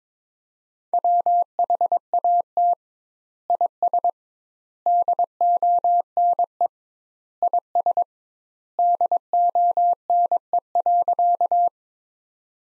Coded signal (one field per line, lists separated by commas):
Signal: Morse code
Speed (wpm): 22 wpm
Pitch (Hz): 700 Hz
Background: none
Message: WHAT IS DONE IS DONE.